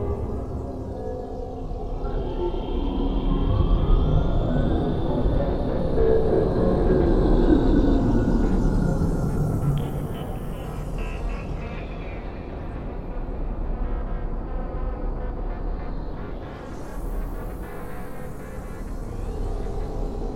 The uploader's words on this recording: Lots of small events throughout to keep it interesting and terrifying.